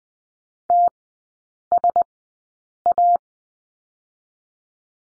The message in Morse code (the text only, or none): TSA